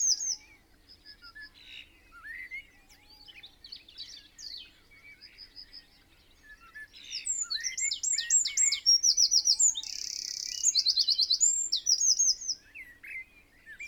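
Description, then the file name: Eurasian wren song bursts out midway, a loud, rapid, very high warble with a rattling trill, after quieter scattered chirps. "Troglodytes troglodytes"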